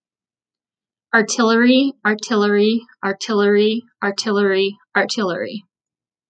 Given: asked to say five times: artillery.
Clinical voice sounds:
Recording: repeated word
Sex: female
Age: 30 to 39 years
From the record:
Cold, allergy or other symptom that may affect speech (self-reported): no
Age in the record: 33 years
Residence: Minnesota, United States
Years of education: 16

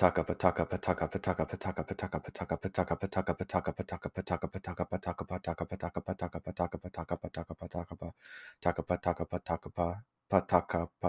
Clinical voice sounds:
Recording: repeated syllables /pa ta ka/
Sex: male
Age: 20 to 29 years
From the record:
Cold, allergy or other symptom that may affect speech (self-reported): no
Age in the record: 23 years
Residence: Washington, United States

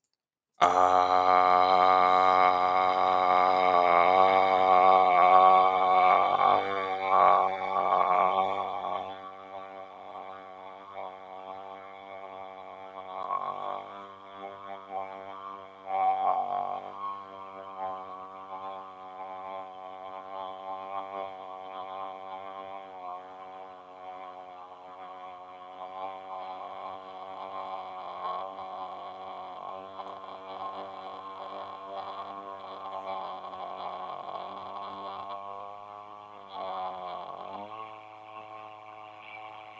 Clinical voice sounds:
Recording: vowel held as long as possible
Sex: male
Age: 30 to 39 years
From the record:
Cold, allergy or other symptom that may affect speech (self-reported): no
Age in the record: 31 years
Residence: Nebraska, United States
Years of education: 12

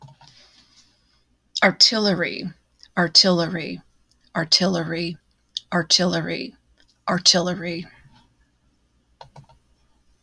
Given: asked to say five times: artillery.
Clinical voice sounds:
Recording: repeated word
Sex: female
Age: 60 to 69 years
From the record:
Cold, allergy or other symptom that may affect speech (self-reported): no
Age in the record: 63 years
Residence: Indiana, United States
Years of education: 16

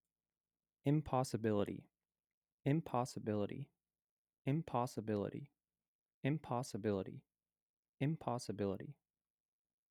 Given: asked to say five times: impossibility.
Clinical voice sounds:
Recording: repeated word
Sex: male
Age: 20 to 29 years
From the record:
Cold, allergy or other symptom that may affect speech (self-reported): no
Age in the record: 23 years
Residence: Indiana, United States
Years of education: 16

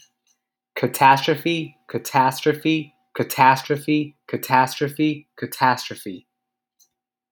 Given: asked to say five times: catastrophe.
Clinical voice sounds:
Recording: repeated word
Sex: male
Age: 20 to 29 years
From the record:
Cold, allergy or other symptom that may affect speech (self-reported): no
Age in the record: 24 years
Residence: California, United States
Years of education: 19

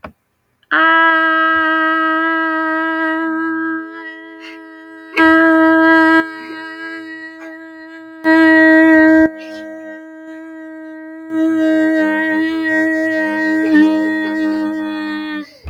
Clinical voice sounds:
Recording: vowel held as long as possible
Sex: female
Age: 20 to 29 years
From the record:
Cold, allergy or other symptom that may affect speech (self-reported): no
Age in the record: 29 years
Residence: Colorado, United States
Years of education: 19

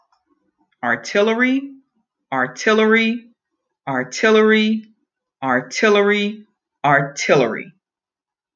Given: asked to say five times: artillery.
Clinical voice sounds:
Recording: repeated word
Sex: female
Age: 50 to 59 years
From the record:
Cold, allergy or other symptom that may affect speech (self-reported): no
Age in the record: 56 years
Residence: South Carolina, United States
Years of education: 13

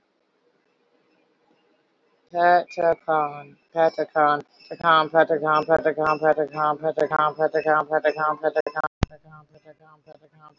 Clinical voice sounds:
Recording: repeated syllables /pa ta ka/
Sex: female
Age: 30 to 39 years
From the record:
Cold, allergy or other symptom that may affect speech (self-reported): no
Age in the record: 37 years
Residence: West Virginia, United States

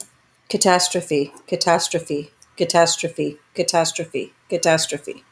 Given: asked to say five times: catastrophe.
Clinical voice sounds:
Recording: repeated word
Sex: female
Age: 30 to 39 years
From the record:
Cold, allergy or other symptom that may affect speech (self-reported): no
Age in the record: 39 years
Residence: California, United States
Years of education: 16

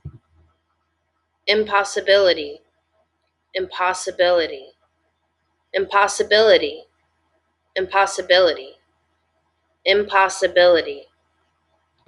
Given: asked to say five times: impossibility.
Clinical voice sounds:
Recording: repeated word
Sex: female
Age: 20 to 29 years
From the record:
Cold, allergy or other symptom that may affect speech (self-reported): no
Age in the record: 29 years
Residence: Florida, United States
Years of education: 13

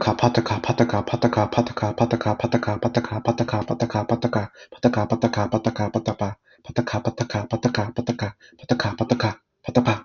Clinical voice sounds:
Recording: repeated syllables /pa ta ka/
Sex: male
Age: 30 to 39 years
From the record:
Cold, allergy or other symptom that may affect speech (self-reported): no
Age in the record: 31 years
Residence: California, United States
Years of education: 17

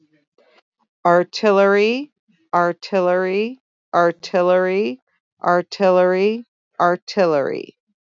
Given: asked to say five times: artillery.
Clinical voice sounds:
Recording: repeated word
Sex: female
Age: 50 to 59 years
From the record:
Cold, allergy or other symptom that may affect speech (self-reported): no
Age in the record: 56 years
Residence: Ohio, United States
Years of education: 18

